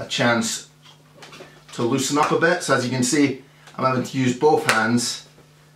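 Someone talks while pressing a newly set male and female metal snap fastener on a leather belt strap's backing with both hands, the snap being very stiff at first. Only faint handling sounds are heard under the voice, and nothing has seated or clicked yet.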